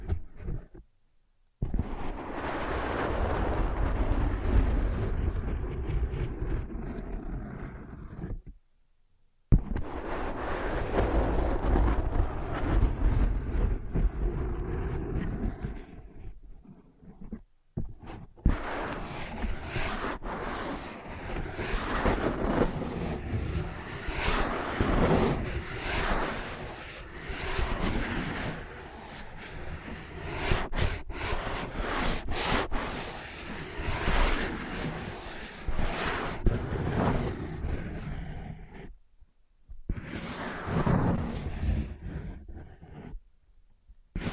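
Ear pads are rubbed, scratched and tapped, giving a dense, muffled rushing scrape with a heavy low rumble. Long bursts run from the start to about 8 and 9 to 16 seconds, then busier stretches with sharp taps and scratches, with brief silent gaps between.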